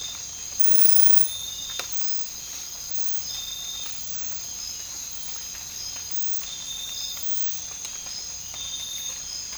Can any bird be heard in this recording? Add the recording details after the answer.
no. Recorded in dense forest near Puerto Asís, Putumayo, Colombia, on 19 March 2025 at 03:00. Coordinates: 0.484, -76.317. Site G064